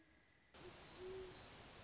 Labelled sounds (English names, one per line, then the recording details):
Great Horned Owl
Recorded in Sonoma County, California